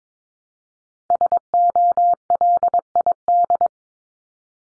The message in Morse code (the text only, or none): SOLID